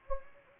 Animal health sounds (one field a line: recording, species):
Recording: mosquito wingbeat signal from an infrared sensor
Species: Anopheles gambiae